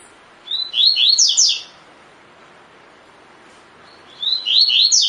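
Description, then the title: Double-collared seedeater song: two quick phrases of high, rapid whistled notes separated by a few seconds of quiet. Double-collared seedeater in the "tui tui" song style; the source labels the bird "fibra". "COLEIRO DE GOLA TUI TUI FIBRA"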